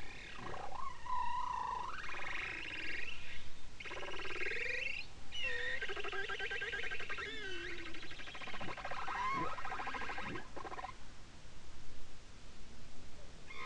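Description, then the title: Bowhead whale song: a varied run of harmonic moans, buzzes and short upswept and downswept notes, one after another with few pauses, then quieter toward the end, under constant background hiss. Bowhead whale song recorded off Spitsbergen, from a study of the extreme diversity of this population's songs, published April 2018. "Grønlandshvalens sang 1. Lyd: Stafford, Lydersen, Wiig, Kovacs"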